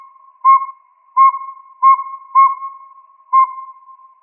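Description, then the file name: Northern saw-whet owl calling with five pure whistled toots at slightly uneven spacing, each short and monotone. Recorded in Arizona. "NSWO 1 C deviche"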